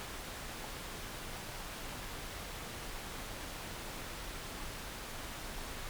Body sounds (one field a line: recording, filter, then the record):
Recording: brain microelectrode recording played as sound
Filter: wide band, above 20 Hz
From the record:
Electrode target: subthalamic nucleus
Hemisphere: left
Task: reaching with the right hand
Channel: 2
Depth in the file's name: 0.251 mm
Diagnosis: Parkinson's disease